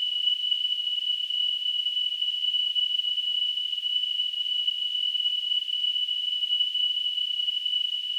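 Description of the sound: Simulated tinnitus: a steady, unbroken high-pitched tone near 3 kHz with a faint hiss spreading above it, holding at an even loudness throughout, with no low-frequency sound.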